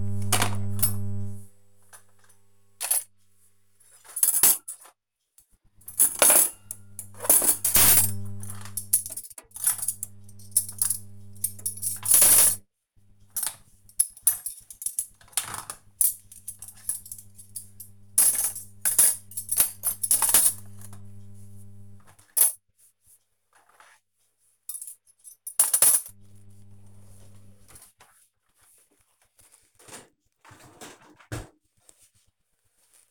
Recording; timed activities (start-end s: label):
household activities, microphone on the right wrist
0.00-33.10 s: cleaning out the dishwasher